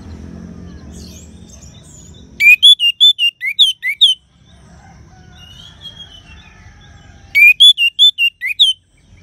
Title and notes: anis_merah. Kicau Burung Anis